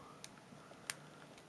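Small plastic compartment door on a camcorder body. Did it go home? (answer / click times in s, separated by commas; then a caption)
yes / 0.9 s. The small plastic door over the USB compartment on a Panasonic TA-1 camcorder body is pushed closed. A faint tick comes at 0.2 s, then the door snaps shut with a sharp, bright click at 0.9 s, and it is now seated.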